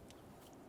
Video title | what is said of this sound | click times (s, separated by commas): How to Replace Camshaft Position Sensor 200-2007 Ford Focus | install the connector push until you hear a click if you don't hear a click give it a pull make sure it's locked on | 0.1 s